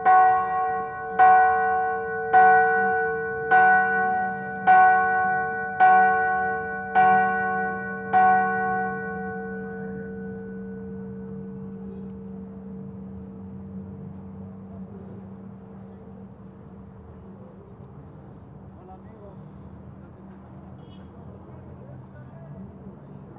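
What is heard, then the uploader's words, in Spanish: Bells of Cusco Cathedral strike eight times at a steady pace, about one stroke every second, each ringing tone overlapping the next. After the last stroke around ten seconds, the hum fades slowly into a low rumble with faint murmuring in the background. Campanas Catedral Del Cusco Octava De Corpus by Alejandro Cornejo Montibeller.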